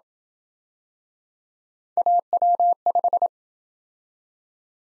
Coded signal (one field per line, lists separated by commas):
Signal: Morse code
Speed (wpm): 27 wpm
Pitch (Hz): 700 Hz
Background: none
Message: AW5